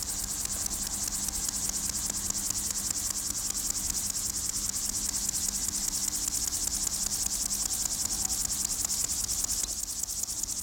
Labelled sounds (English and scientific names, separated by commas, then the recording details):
Meadow Grasshopper (Chorthippus parallelus) stridulation
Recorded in the wild
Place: Blankenfelde, Tegeler Fließ, Berlin, DE
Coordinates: 52.625, 13.404
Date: 1992-08-16 11:20
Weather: sonnig - wolkig, 17-22°C
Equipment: Marantz CP 430, Sennheiser ME 80, Kopie Tesla B 116
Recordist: Tembrock, Günter